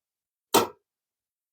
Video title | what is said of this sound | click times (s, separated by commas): Rear Facing LATCH Installation, Graco 4Ever | You're going to hear a clicking sound to let you know that it's attached. | 0.6 s